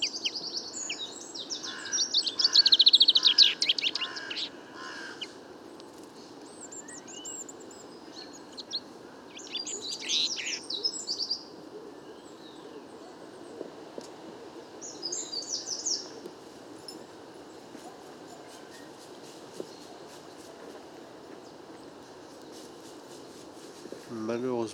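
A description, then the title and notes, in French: A chaffinch sings in the Bois de Vincennes, its bright rattling phrase loudest in the first four seconds, then repeated more softly around 10 and 15 seconds. Other small birds chirp in between, over a steady low murmur of background noise throughout. Nagra seven - Parabole Wiltronic mono. Chant de Pinson des arbres (Fringilla coelebs). Le beau temps des derniers jours incite beaucoup d'oiseaux à chanter. Le chant est un peu confus et moins puissant que le chant type.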